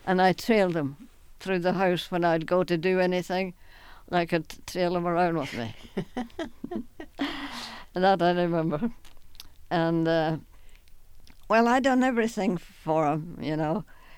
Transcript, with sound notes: and I trailed him through the house when I'd go to do anything, and I could trail him around with me. ( they laugh ) That I remember. And, uh, well, I done everything for him, you know?